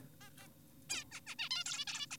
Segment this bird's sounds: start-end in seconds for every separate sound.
0.21-0.30, 0.38-0.48, 0.90-1.04, 1.12-1.21, 1.27-1.35, 1.39-1.49, 1.51-1.64, 1.66-1.85, 1.88-2.06, 2.11-2.17